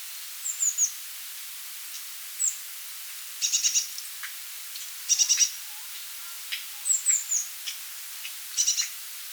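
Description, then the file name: Eurasian blue tit calling: thin, very high descending notes in short groups alternate with short buzzy, chattering bursts, repeating every second or two against faint hiss. "Cyanistes caeruleus"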